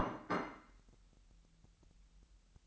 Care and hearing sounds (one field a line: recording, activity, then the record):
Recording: daily activity, microphone in the room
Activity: place plate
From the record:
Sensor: 3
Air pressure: 1002.0 hPa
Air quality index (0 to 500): 247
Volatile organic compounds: 51 ppm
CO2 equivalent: 3305 ppm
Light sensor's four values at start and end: 12/36/16/13 and 12/36/16/13